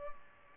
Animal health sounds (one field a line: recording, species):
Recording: mosquito wingbeat signal from an infrared sensor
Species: Culex pipiens